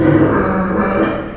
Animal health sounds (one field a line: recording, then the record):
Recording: squeal of a Yucatan mini pig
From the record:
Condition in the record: after surgery on the right vocal fold (resection and tissue-engineered implant)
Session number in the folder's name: 1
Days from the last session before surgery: 13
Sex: female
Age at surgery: 19 weeks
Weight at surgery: 25 kg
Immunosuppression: prednisolone